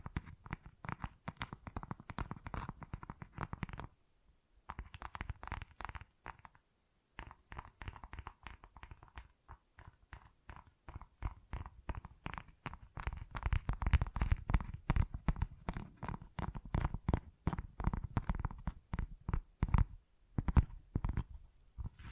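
Tapping and scratching on textured surfaces, a rapid, fairly steady run of crisp taps with a low thumpy body and a bright scratchy edge. The strokes pause briefly around four and seven seconds, then grow denser and louder from about twelve seconds on.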